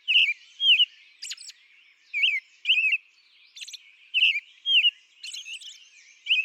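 American robin caroling: liquid whistled phrases, some with high thin squeaks mixed in.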